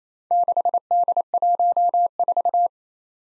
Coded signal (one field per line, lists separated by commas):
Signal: Morse code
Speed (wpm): 27 wpm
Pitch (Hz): 700 Hz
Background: none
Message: 6D14